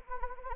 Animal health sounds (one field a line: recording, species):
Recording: mosquito wingbeat signal from an infrared sensor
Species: Anopheles arabiensis